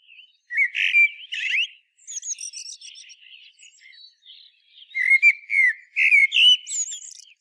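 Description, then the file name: Common blackbird song, mellow fluted warbling phrases that end in high squeaky twittering, delivered in two bursts with a short pause between. "Turdus merula"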